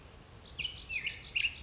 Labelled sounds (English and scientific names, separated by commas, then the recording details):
Black-headed Grosbeak (Pheucticus melanocephalus)
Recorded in Sonoma County, California